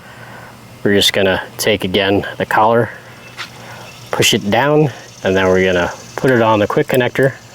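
Someone talks while handling a garden hose quick connector with its collar pushed down, about to put it onto an outboard motor's flush port fitting, over a steady low background hum. Nothing has seated or clicked yet.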